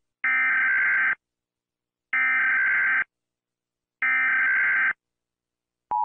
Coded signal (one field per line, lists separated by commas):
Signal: Emergency Alert System (SAME) tones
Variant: header bursts